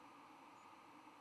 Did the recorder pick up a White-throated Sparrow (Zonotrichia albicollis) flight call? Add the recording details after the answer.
no. Another species' flight call is heard. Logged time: 07:23 on 10 November 2014